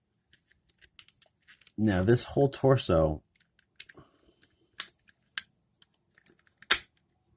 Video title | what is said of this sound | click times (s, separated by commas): Soul of Chogokin Voltron Review | you've got this part here is going to click into place now | 1.0 s